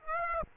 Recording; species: mosquito wingbeat signal from an infrared sensor; Aedes aegypti